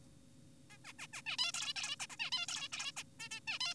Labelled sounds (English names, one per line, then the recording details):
Zebra Finch
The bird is an adult
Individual g4p5U